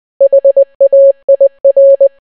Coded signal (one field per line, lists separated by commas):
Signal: Morse code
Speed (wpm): 20 wpm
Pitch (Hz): 550 Hz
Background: none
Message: HAIR